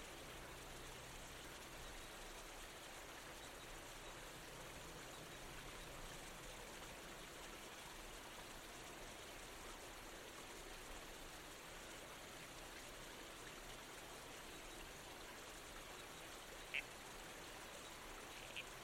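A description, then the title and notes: A babbling creek runs steadily throughout, a dense, even hiss of water spread from low to bright with no real change in level. A faint low hum sits underneath for the first couple of seconds, and two brief, sharp clicks stand out near the end. The babbling creek.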